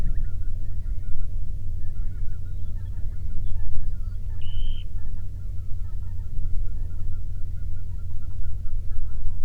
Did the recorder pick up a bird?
yes